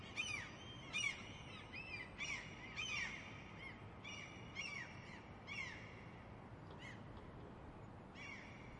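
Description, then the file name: Gulls calling, harsh squealing and mewing cries in frequent bursts over steady low background noise. "seagulls"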